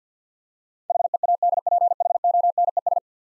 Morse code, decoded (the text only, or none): HEADPHONES